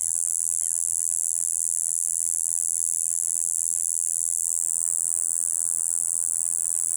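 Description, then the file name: Cicada droning a constant shrill buzz that shifts slightly in tone partway through. "coyuyito"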